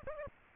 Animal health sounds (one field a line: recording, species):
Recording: mosquito wingbeat signal from an infrared sensor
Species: Aedes aegypti